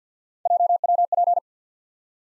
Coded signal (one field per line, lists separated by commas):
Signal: Morse code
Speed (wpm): 50 wpm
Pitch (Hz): 700 Hz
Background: none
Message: JWP